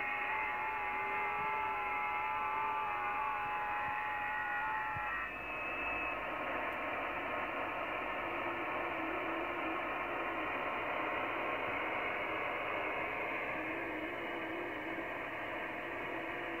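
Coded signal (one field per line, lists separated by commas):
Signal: FT8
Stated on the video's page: FT8 on 20m (14 MHz) from the British Virgin Islands via IC-7600, SPE Expert 1.3K-FA amplifier and hex beam antenna; DX contact.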